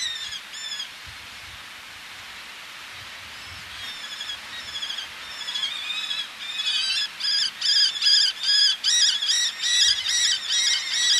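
Eleonora's falcon notes start faint and scattered, then swell into a loud, regular series of grating calls about twice a second.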